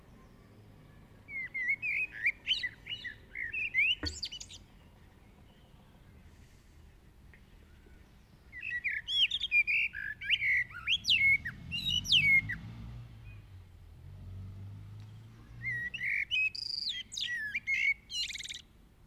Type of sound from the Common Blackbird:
song